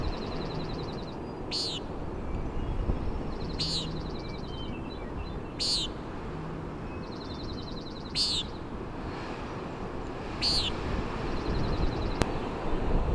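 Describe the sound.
Common nighthawk peenting five times about every two seconds, buzzy and nasal, between repeated dry ticking trills, with wind gusts and a brief click near the end.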